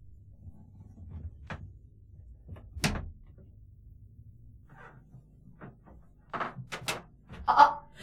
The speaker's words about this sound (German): Achtung, ich mache jetzt die Tür auf.